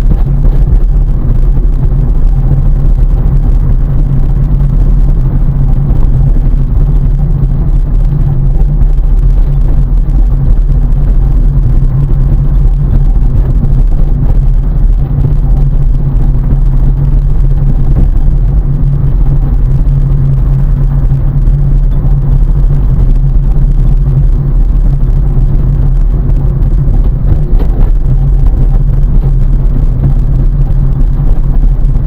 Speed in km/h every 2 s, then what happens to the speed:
32, 38, 38, 35, 31, 33, 33, 31, 33, 31, 33, 35, 35, 33, 33, 33.
4-8 slows to 31. 8-32 steady at about 33.